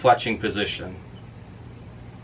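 Someone talks briefly over a low steady hum as an arrow nock is handled in the nock receiver of a fletching jig, about to be rotated to the next indexed fletching position. The last second and more is only the quiet hum, and nothing has clicked into position yet.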